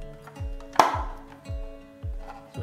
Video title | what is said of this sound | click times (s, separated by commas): Roborock S50 Maintenance - How to clean roborock s50 filter & bin - After 1 Year [Part 1] | you hear that click sound it's right in place now | 0.8 s